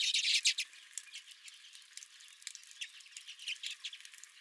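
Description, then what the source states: Redpolls chattering, a loud burst of rapid chips at the start, then softer irregular twitters. Several redpolls at the recordist's own feeder.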